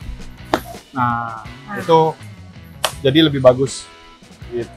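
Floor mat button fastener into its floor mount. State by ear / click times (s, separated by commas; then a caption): seated / 0.5 s. A car floor mat's button fastener is pressed onto its floor mount until it snaps into place with a sharp, short click at 0.5 seconds. Music plays underneath while someone talks.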